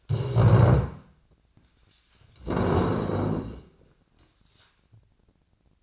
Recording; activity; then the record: daily activity, microphone in the room; stand up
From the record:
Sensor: 2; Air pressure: 1012.1 hPa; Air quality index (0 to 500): 164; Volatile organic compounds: 2 ppm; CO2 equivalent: 1197 ppm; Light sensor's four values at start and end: 53/132/58/66 and 82/184/86/107